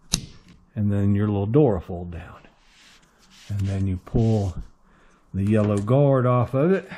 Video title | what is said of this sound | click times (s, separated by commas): 2018 Toyota Highlander Oil Change and Wiper Blades | Pull it and you'll you'll feel it click. | 0.1 s